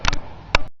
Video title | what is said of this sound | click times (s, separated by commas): Ranger Intake Replacement and MOD | okay so now it's all snapped back into place you can see where | 0.1 s, 0.5 s